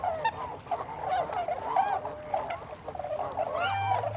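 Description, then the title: Tundra swans calling in a flock, a dense chorus of overlapping mellow, hooting and yelping notes with several birds calling at once. Several tundra swans recorded together on 26 December 2020. "2020-12-26-Tundra-Swans"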